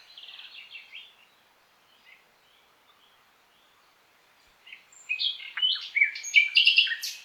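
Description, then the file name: Common nightingale song: faint chattering notes at first, then after a quiet spell a loud burst of varied sharp, rapid notes. "Luscinia megarhynchos"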